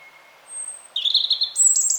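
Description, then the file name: European robin song: a thin high note, then a quick, pulsing high trill that jumps still higher into bright, twittering notes. "Erithacus rubecula"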